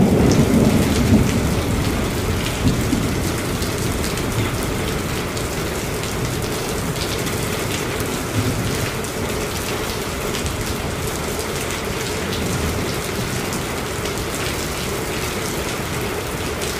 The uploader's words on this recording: Garage Rain. Unwind with the soothing sounds of rain gently pelting the roof of a garage.